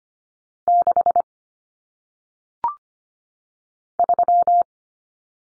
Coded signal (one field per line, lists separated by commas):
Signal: Morse code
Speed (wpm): 25 wpm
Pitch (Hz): 700 Hz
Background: none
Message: 6 3